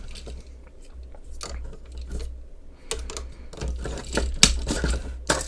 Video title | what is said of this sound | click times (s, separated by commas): So Many Options! DX BoonBoom Cars Toy Review! | Hey, I do like how all this just snaps into place. | 4.4 s